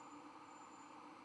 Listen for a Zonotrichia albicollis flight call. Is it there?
no